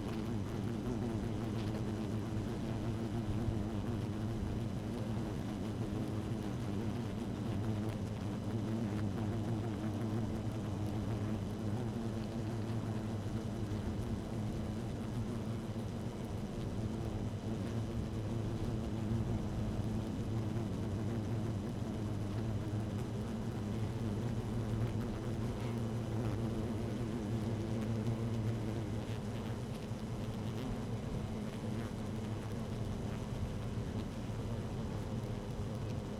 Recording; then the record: honeybee colony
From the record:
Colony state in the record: active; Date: 12 June 2018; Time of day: 13:54